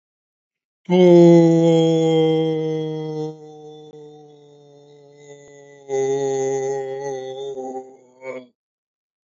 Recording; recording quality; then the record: sustained vowel as in boot; excellent, no background noise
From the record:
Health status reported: healthy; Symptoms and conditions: diabetes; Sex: male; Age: 50 years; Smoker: yes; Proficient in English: yes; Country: India